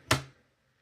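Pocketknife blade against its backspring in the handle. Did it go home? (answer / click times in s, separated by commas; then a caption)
yes / 0.1 s. A large vintage 1950s Case XX Slimline Trapper slipjoint pocketknife has its blade snapped into position against the backspring in the handle. A single short, sharp snap sounds at 0.1 s and quickly fades, and the blade seats with a strong, crisp snap.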